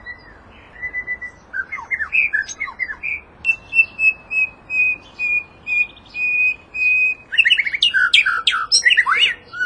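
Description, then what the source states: White-rumped shama song: a long varied sequence of whistled notes, a steady run of repeated high whistles, then rapid chattering flourishes. Moderate-style song.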